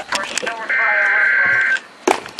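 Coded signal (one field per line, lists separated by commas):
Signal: Emergency Alert System (SAME) tones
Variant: header bursts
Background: speech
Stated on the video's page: National Weather Service alert received on Midland WR-100 and Eton ZoneGuard weather radios.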